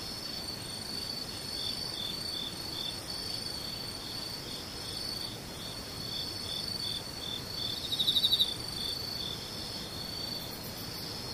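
Insects chirr steadily throughout, a dense, high, pulsing trill that keeps an even rhythm for the whole eleven seconds. Near the eight-second mark a louder, brighter burst of rapid clicks stands out briefly, with a fainter one near the end over a soft low rumble.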